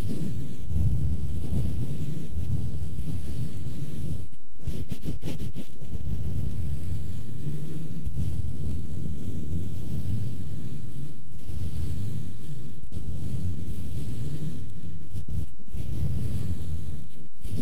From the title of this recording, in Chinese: 抓挠声